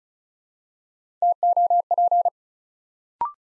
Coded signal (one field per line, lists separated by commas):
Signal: Morse code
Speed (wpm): 36 wpm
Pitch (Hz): 700 Hz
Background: none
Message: TOP